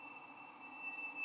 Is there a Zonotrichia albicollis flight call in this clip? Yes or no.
no